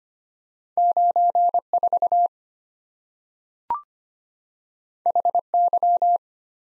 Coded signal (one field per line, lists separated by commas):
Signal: Morse code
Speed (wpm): 25 wpm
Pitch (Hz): 700 Hz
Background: none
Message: 9 4 H Y